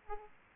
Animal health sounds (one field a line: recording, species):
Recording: mosquito wingbeat signal from an infrared sensor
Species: Aedes aegypti